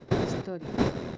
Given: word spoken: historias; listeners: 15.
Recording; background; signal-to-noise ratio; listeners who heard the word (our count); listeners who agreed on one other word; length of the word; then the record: one Spanish word in noise, from a listening test; noise modulated by one talker; -11.7 dB; 4 of 15; 10 of 15; 0.78 s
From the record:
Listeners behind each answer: 10, 4, 1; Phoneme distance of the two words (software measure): 7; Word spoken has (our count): 3 syllables, 8 phonemes, stress on syllable 2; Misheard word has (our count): 3 syllables, 7 phonemes, stress on syllable 2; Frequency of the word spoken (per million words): 36.82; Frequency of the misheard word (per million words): 378.81